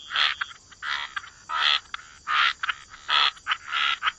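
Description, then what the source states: Frogs giving loud grating croaks in separate bursts, roughly every half second to second, each call harsh and buzzy, with quieter croaks filling the gaps. Frog chorus.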